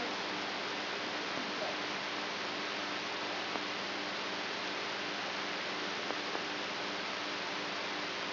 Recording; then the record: brain microelectrode recording played as sound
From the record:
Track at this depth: inside the subthalamic nucleus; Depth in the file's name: 4.515 mm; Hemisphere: right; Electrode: 3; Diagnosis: Parkinson's disease